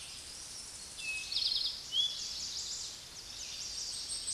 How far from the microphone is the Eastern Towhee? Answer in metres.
about 30 m